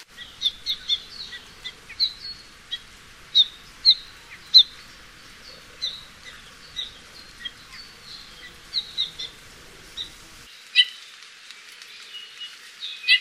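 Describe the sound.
Apapane song: a long run of short chirps, clicks and slurred whistles at high pitch, delivered in quick irregular bursts, with a brief pause near ten seconds.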